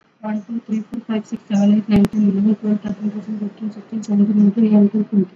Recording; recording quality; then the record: counting at a fast pace; moderate, slight background noise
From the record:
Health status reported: exposed to COVID-19, no respiratory illness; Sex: female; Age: 32 years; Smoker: no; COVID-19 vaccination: both doses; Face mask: worn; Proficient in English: yes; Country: India